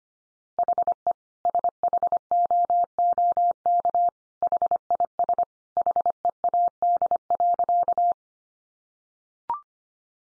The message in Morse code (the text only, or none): HE SHOOK HIS HEAD.